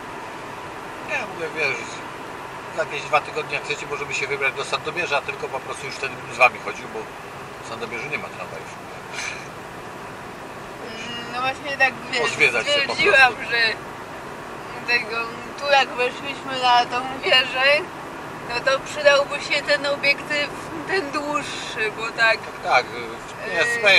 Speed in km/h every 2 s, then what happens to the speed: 86, 85, 82, 79, 77, 77, 77, 78, 78, 78, 77, 73.
0-7 slows to 77. 7-19 steady at about 77.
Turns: none.